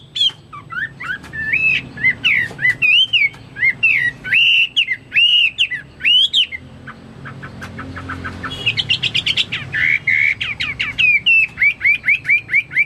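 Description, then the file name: Chinese hwamei song: long run of varied loud whistles, slurred glides and quick repeated notes, with a brief quieter stretch before rapid trilled phrases resume. "omkicau hwamei"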